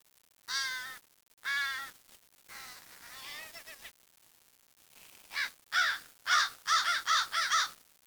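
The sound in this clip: Bird giving loud, harsh, hoarse caws: two single calls a second apart, softer ones after, then a rapid burst of several caws near the end.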